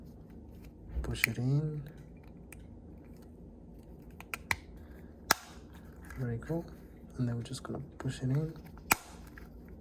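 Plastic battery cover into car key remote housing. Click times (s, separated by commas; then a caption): 8.9 s. After a new battery is fitted in a 2013 to 2017 Ford Fusion, Mustang, Explorer or Edge key remote, the plastic battery cover and halves of the housing are pressed together while someone talks. Several sharp clicks sound through the clip, and a loud snap at 8.9 s marks the housing clicking fully shut and seated.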